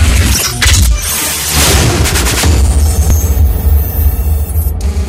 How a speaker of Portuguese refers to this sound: Bota no vermelho, hein? Sem piedade, sem clemência. Alto-falante não sente dor. Toque algo que me lembre o som dos canhões.